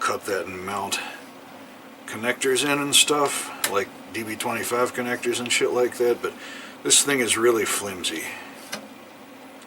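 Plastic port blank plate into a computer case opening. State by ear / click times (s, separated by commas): partly seated / 8.7 s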